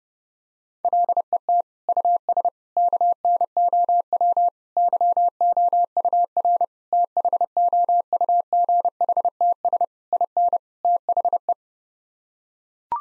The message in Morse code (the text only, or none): LET US KNOW YOUR THOUGHTS IN THE